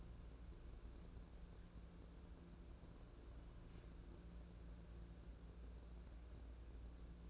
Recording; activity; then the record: daily activity, microphone in the room; wipe stove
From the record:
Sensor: 2